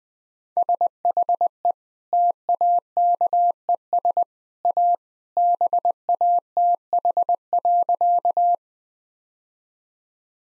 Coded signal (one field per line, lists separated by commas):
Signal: Morse code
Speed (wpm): 21 wpm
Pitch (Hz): 700 Hz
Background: none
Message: SHE TAKES A BATH.